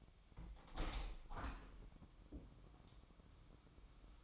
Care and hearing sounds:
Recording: daily activity, microphone in the room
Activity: open window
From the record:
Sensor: 1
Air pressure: 1006.5 hPa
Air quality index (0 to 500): 209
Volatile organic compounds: 24 ppm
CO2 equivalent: 2814 ppm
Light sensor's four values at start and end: 11/30/12/13 and 12/31/12/14

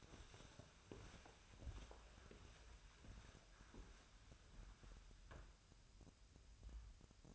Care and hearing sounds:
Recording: daily activity, microphone in the room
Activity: walk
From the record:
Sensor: 2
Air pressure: 1015.2 hPa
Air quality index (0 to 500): 119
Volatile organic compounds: 3 ppm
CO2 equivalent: 1530 ppm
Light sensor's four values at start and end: 10/25/10/11 and 13/34/13/15

